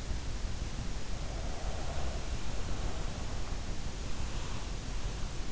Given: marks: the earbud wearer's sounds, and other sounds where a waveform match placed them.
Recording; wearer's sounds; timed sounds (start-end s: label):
sounds in sleep by an in-ear microphone; breath
0.86-3.32 s: breath